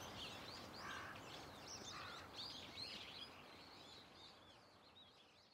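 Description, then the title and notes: Birds chirping, a quieter scatter of short high twitters and a few lower chirps, overlapping against a steady hiss of background noise. Many birds calling loudly and continuously from a tetrapod breakwater belt and its trees. "テトラ帯とその木々から、けたたましいほどのの鳥たちの鳴き声が・・・！"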